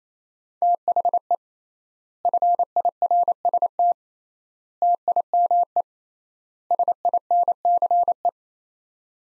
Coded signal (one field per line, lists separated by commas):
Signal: Morse code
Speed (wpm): 28 wpm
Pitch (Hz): 700 Hz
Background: none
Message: THE FIRST TIME SINCE